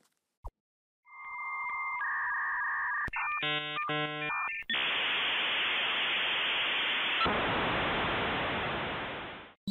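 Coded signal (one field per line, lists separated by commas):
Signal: dial-up modem handshake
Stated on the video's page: Dial-up internet sound effect.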